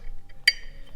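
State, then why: Seated. On a Smittybilt winch being installed on a 2022 Toyota Tacoma, the clutch lever on the winch gearbox is turned back from free (open) spool to the engaged position so the drum locks into place. Against a low, quiet background, a single sharp, loud metallic hit lands at 0.5 s, and its bright ringing tones fade over the next half second. The lever locks into the engaged position.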